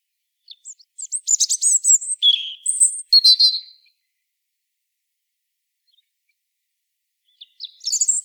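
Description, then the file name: European robin singing, high sweet warbled notes and quick trills in a three-second phrase, a long pause, then the next phrase starting. "Erithacus rubecula"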